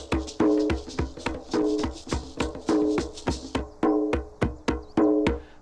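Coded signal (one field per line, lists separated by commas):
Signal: drum signal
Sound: fast, even drum strokes, some ringing with a low resonant tone, repeating throughout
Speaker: that's a basic call to arms very basic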